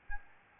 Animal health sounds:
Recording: mosquito wingbeat signal from an infrared sensor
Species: Aedes albopictus

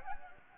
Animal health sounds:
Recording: mosquito wingbeat signal from an infrared sensor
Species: Anopheles gambiae

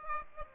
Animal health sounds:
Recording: mosquito wingbeat signal from an infrared sensor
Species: Aedes aegypti

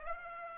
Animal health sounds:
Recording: mosquito wingbeat signal from an infrared sensor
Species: Aedes aegypti

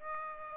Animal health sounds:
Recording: mosquito wingbeat signal from an infrared sensor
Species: Aedes aegypti

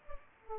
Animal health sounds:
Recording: mosquito wingbeat signal from an infrared sensor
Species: Culex pipiens

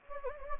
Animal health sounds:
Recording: mosquito wingbeat signal from an infrared sensor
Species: Anopheles gambiae

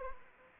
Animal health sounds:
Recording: mosquito wingbeat signal from an infrared sensor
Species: Anopheles arabiensis

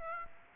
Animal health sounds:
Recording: mosquito wingbeat signal from an infrared sensor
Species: Aedes aegypti

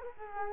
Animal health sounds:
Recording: mosquito wingbeat signal from an infrared sensor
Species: Culex quinquefasciatus

